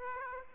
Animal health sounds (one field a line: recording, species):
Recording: mosquito wingbeat signal from an infrared sensor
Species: Aedes aegypti